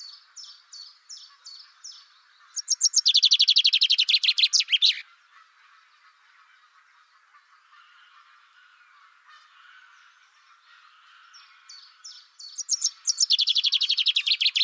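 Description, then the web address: Bird calls: a few short high chirps, then a fast buzzy trill of rapid notes lasting about two and a half seconds. A quiet gap follows before a second rapid trill near the end. "Deverinetal. Bird Only"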